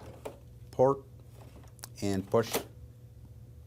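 A replacement hot-swap power supply unit, a customer replacement unit, is handled at the bay of an x86 1U server chassis while someone talks, with brief small handling sounds near 0.3 s and 1.8 s. Nothing has seated or clicked yet; the unit is not yet pushed home to its latch.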